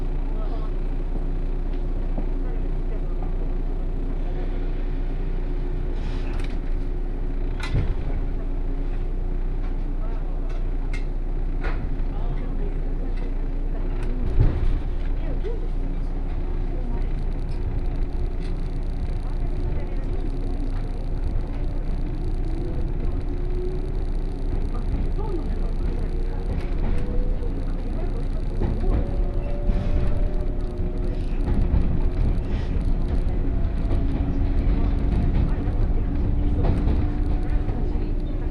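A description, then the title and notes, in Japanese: A 117 series local train on the Kosei Line, running from Kyoto toward Ono. A steady low rumble fills the whole ride, with sharp rail clicks scattered throughout. From about 20 to 30 seconds a motor whine rises in pitch as the train speeds up. 湖西線普通 京都→小野 117系。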